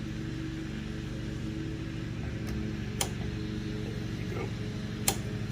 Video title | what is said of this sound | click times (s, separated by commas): Resurrecting The Mighty TA Se3 Ep 6 I repair the ratchet shifter | this holds the button on place snapped | 3.0 s, 5.1 s